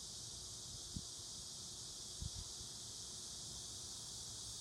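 Cicada drone, a continuous hissing buzz that holds level throughout, broken only by a couple of soft low knocks.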